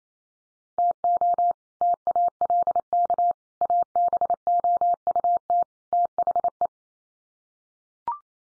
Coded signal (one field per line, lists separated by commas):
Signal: Morse code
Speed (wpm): 28 wpm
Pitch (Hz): 700 Hz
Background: none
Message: TO TALK ABOUT THE